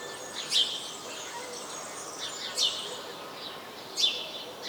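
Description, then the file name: House sparrow calls: three harsh, bright chirps spaced well apart over faint background hiss. "Passer domesticus"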